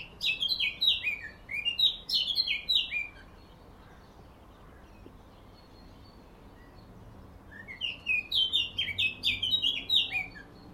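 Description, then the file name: Eurasian blackcap song in two bursts of quick fluty notes, swinging up and down, separated by about four seconds of near silence. "Sylvia atricapilla"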